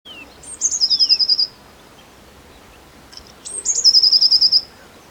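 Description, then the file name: Eurasian blue tit singing twice: a high thin introductory note dropping into a fast even trill of several repeated notes, with a brief faint sliding note before the first. "Cyanistes caeruleus"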